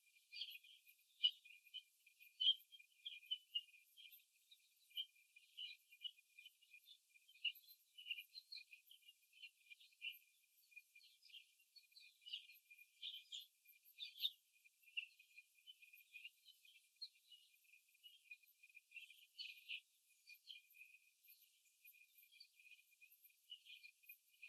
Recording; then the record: young laying hens in a cage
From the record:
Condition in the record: before the stressor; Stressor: simulated dog barking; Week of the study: 2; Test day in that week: 3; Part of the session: 1